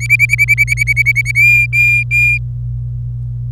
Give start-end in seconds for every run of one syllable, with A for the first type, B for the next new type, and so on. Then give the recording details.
0.00-1.31 A, 1.35-2.38 B. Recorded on 26 April 2018 at 09:30. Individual llb3